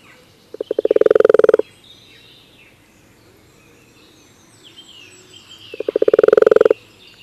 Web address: common toad